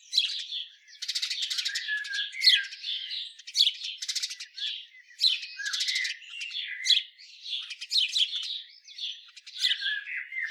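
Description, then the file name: House sparrow chirping, a dense run of harsh, overlapping chirps and squawky notes, mostly high-pitched, continuing with brief pauses throughout. "Passer domesticus"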